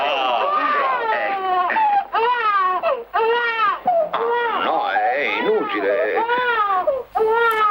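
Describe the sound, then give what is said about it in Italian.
A baby cries loudly and without letup in a film scene with Spencer Tracy, whose character has become its grandfather; high-pitched wails rise and fall in waves, broken only by brief gasping pauses between sobs. “Niente, Spencer Tracy odia quel bambino, ma non perché lo odi, perché è cattivo, perché lo fa sentire vecchio.”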